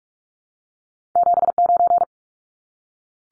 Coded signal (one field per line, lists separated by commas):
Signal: Morse code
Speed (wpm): 44 wpm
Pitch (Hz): 700 Hz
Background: none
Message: 79